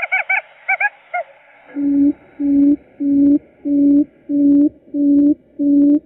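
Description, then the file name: Owl calling: a few quick higher-pitched notes, then a regular run of low, level, hollow hoots repeated roughly every 0.7 seconds. "tieng cut rung keu"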